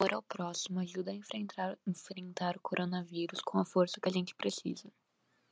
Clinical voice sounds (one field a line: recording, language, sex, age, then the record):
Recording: spoken sentence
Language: Brazilian Portuguese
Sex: female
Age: 18 to 19 years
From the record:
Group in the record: control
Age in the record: 18 years